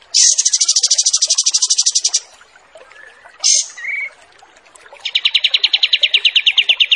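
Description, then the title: Kapas tembak song: a fast, high, even trill of rapid notes lasting about two seconds, brief chirps, then a second long rapid trill slightly lower in pitch. Wild bird; recording made as master training material for songbirds. "Masteran Kapas Tembak Liar"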